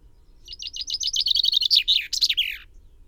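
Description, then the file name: Common chaffinch song: a single phrase of quick repeated chirps ending in a crisp flourish. "Fringilla coelebs"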